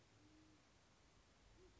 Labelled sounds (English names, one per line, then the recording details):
Band-tailed Pigeon
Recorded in Sonoma County, California